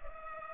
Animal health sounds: mosquito wingbeat signal from an infrared sensor; Culex pipiens

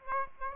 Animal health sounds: mosquito wingbeat signal from an infrared sensor; Aedes aegypti

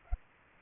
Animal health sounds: mosquito wingbeat signal from an infrared sensor; Aedes aegypti

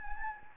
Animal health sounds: mosquito wingbeat signal from an infrared sensor; Anopheles gambiae

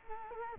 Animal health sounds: mosquito wingbeat signal from an infrared sensor; Culex quinquefasciatus

